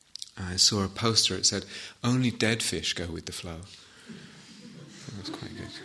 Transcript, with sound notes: I saw a poster. It said, "Only dead fish go with the flow." [laughter] I thought it was quite good.